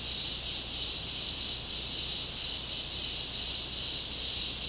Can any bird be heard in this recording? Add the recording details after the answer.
no. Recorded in secondary vegetation near Puerto Asís, Putumayo, Colombia, on 19 March 2025 at 13:00. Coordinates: 0.484, -76.319. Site G010